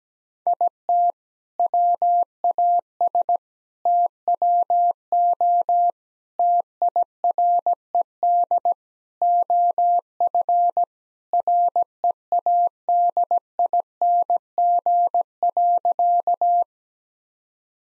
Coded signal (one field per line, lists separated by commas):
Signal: Morse code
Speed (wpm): 17 wpm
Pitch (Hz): 700 Hz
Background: none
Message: IT WAS TWO TIRED OF READING.